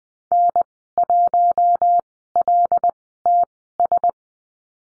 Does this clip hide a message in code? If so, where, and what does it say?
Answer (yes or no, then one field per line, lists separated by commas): yes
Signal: Morse code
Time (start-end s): 0.3-4.1 s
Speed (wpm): 20 wpm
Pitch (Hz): 700 Hz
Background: none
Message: N1LTS